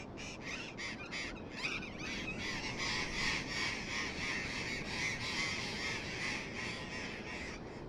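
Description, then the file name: Burrowing parrots screeching: loud, harsh, noisy calls in rapid bursts that build into a thick overlapping chorus, with low rumbling noise underneath. Several birds. "tomas miguel - loros barranqueros"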